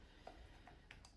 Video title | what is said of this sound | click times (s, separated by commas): DIY 2024 Porsche Cayenne Oil Change | Goes pop it back in there. Twist it like it locks in place. | 0.9 s